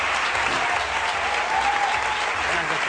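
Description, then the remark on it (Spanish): An audience breaks into steady, sustained applause for journalist and musician Javier Gallego, a dense wash of many hands clapping at a constant loud level throughout, with no voices standing out. “Un aplauso para él.”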